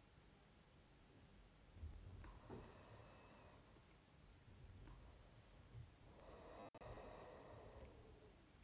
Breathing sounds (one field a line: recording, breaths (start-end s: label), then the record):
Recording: nose breathing near a microphone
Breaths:
2.11-3.64 s: inhalation
4.73-6.15 s: inhalation
6.15-8.64 s: exhalation
From the record:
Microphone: phone